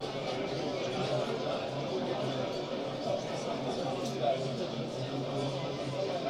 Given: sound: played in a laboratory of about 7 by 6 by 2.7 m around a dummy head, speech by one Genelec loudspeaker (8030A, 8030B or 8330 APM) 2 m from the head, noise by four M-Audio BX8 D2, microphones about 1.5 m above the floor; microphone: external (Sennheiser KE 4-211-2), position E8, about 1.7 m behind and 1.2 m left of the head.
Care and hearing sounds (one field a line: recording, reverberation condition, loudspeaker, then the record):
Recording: cafeteria noise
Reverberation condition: low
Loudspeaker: four, about 170 cm from the corners of the room and facing them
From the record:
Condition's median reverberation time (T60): about 310 ms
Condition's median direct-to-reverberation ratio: about 3.5 dB